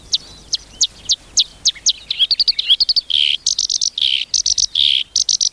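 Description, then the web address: Black-browed reed warbler song: sharp high chips in a steady series, shifting into grating, buzzy phrases repeated in quick groups of three. "sikioto. koyoshikiri"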